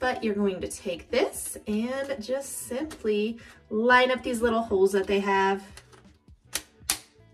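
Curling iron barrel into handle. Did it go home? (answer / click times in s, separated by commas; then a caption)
yes / 6.9 s. Someone talks while lining up the small holes of an interchangeable ceramic curling barrel with the curling iron handle, then pushes the barrel onto the handle. After a quieter moment and a light tap, it snaps in with a sharp click at 6.9 s, seating the barrel firmly in the handle.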